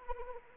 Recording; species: mosquito wingbeat signal from an infrared sensor; Anopheles arabiensis